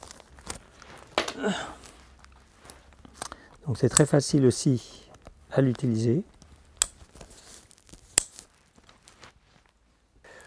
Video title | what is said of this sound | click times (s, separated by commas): Les Figures de l'Express : Il a inventé un airbag pour motard | est donc aussi attaché à la moto ce cordon reste sur la moto on se clipse ici | 6.8 s, 8.2 s